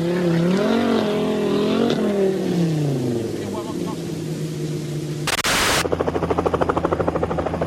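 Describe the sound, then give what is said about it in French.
A Dakar rally car engine revs loudly, its pitch swelling and dipping, then a brief burst of harsh noise as it pulls away, leaving a steady, rapidly pulsing mechanical drone. “Il va se planter 20 mètres après être reparti.”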